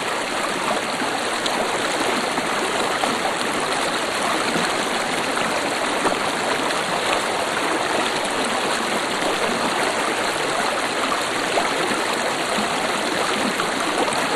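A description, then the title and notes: A creek rushes steadily past a falls, a dense, unbroken wash of water with a hissing, bright top and little low rumble. The level holds constant for the whole stretch, with fine splashes and gurgles flickering through but no distinct events. Dingman's Creek and Deer Leap Falls. Recordings made by Dan Bodah in Childs Park, Dingmans Ferry PA, summer 2008.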